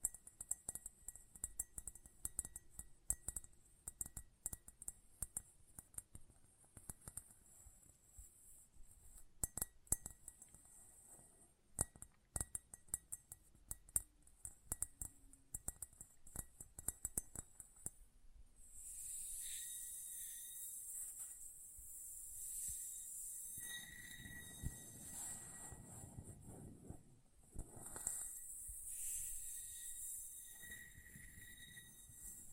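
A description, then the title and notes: Close-up metallic sounds: rapid light clicks and clinks for eighteen seconds, then a bright steady hiss with scraping rumbles that swells and fades. ASMR Close Up Metallic Sounds (No Talking).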